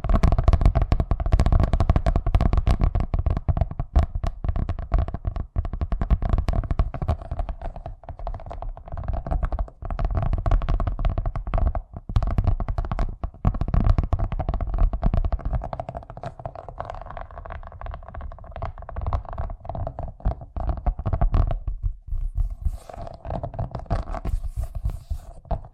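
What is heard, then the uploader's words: Fast tapping runs nearly nonstop for the whole stretch, a dense patter of quick, irregular knocks with a deep thudding undertone and a steady low-mid ring. The taps thin out and soften slightly after the midpoint, with brief gaps, then sharpen again near the end. ASMR Braingasm Inducing Fast Tapping (No Talking).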